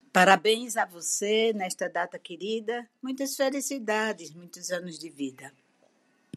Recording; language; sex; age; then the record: short text; Brazilian Portuguese; female; 70 to 79 years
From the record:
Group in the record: control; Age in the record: 72 years